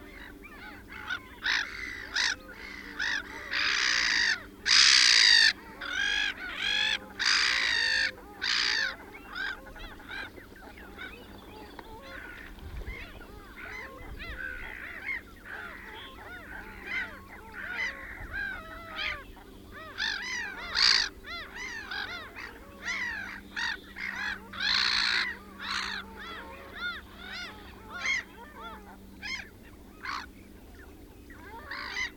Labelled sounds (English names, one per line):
Common Shelduck courtship call